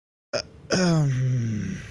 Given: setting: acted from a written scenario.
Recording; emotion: vocal sound without words; confusion